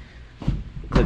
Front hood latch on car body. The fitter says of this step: it's funny doesn't seem to like it when I slam it but if I press it clicks